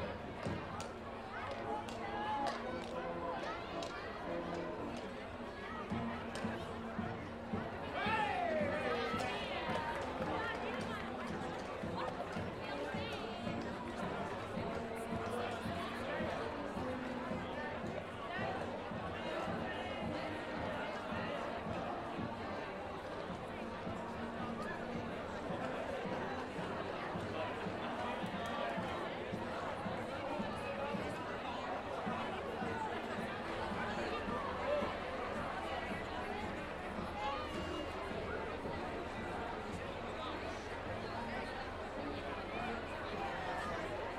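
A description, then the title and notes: Crowd at a traditional goose riding ceremony, a dense steady wash of overlapping voices and chatter, with occasional louder calls throughout. Traditional goose riding ceremony, Belgium. It is mainly goose riding on horseback that is concerned. Recorded by Tony van Dorst.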